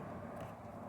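A harness terminal pin is slid back into the number nine slot of a door module plug housing on a Mercedes X204 GLK during a puddle light installation, with its locking tab pointing the right way. Only a steady, low broadband background noise is heard with no sharp transients. The pin has not yet clicked or seated into the housing.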